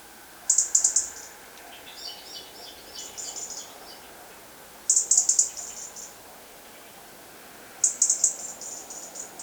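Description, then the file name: European robin uttering sharp, very high note bursts at intervals, separated by quieter, lower twittering notes. "Erithacus rubecula"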